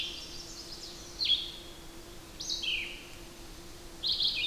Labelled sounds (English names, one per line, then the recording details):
Red-eyed Vireo song
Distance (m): 20 m
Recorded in boreal forest in Alberta, Canada, on 8 June 2016 at 07:57
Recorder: SongMeter 3, array SBT-3-9
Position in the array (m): 12 m, 115 m